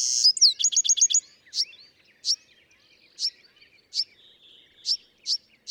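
Bewick's wren song opening with a rapid bright trill, followed by a series of separate sharp high notes at irregular intervals.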